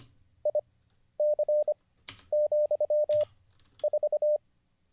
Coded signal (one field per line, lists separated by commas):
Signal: Morse code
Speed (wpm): 25 wpm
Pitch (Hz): 600 Hz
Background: none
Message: IC,4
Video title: Let's Get Back to Learning Morse Code (Day 35) [Livestream]